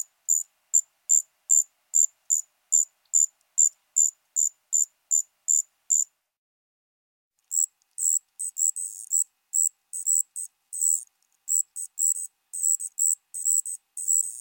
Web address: Crickets and Katydids. Striped Ground Cricket, Allonemobius fasciatus